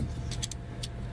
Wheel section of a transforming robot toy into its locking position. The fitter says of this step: and they'll slide and lock into place